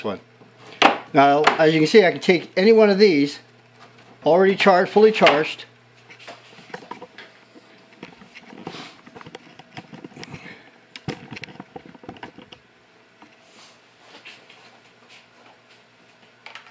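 Someone talks over the first five seconds while a fully charged 20V slide-on battery pack is handled and pushed toward the handle base of a BLACK+DECKER 20V MAX 3/8-inch cordless drill/driver (LDX120C). Quiet clattering and a few sharp knocks follow around 6.7, 6.9, 10.2 and 11.4 seconds, but the battery has not seated or clicked into the drill yet.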